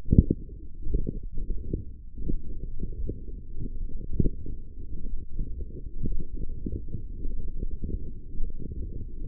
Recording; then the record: forearm muscle sounds (acoustic myography)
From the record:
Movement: forearm supination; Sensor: system 1, eight BSWA MPA416 microphones around the upper forearm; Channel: 5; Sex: male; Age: 23 years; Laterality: right